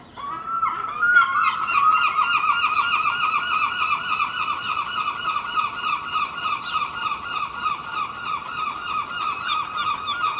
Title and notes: An excerpt of an early morning recording I made in Filey last April (2023). Seagulls make a lot of different sounds. They can be very loud!